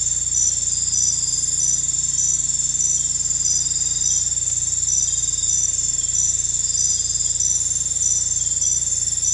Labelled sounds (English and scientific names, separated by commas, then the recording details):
none
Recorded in dense forest near Puerto Asís, Putumayo, Colombia, on 16 December 2024 at 00:30
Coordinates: 0.468, -76.322
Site G071